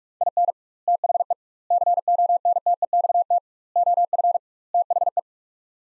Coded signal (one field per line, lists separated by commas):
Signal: Morse code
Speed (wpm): 45 wpm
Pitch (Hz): 700 Hz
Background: none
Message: IN THE CONTEXT OF THE